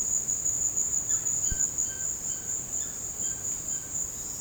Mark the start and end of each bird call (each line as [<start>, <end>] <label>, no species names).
[1.08, 3.97] bird call